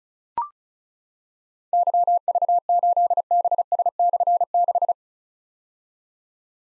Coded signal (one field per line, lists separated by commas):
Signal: Morse code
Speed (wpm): 36 wpm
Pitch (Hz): 700 Hz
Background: none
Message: YV8BS/6